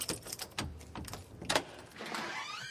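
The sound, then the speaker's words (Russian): A father unlocks the door of a small cabin: a key rattles and clicks several times in the lock, then the door swings open with a long, wavering creak. No one speaks. “Папа ключом открывает дверь.”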